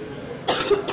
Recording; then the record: coughing mixed with background sound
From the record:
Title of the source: 30 Chesty and wet cough